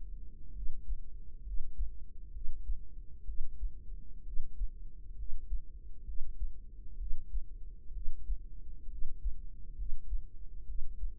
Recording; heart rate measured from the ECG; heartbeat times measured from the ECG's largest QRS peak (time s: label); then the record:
heart sounds by microphone in the right ear; 65 bpm
0.52 s: heartbeat
1.42 s: heartbeat
2.31 s: heartbeat
3.24 s: heartbeat
4.22 s: heartbeat
5.15 s: heartbeat
6.04 s: heartbeat
6.96 s: heartbeat
7.91 s: heartbeat
8.87 s: heartbeat
9.74 s: heartbeat
10.64 s: heartbeat
From the record:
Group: healthy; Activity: cold pressor test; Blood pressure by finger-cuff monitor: 104/68 mmHg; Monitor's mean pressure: 79 mmHg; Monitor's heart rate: 65 bpm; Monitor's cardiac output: 5.2 L/min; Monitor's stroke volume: 80 mL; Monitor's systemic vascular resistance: 1100 dyn s/cm5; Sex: female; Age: 23 years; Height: 160 cm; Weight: 50.4 kg